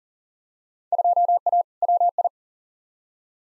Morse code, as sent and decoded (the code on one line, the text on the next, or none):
..--- .- / .-- ..
2A WI